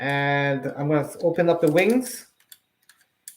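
Someone talks, then the wing hinge of a 1980s plastic transforming toy jet is swung open, giving sharp plastic ratcheting clicks as the wing joint seats into position at 2.5 s and 3.3 s. The toy is still durable, as the hinge still clicks.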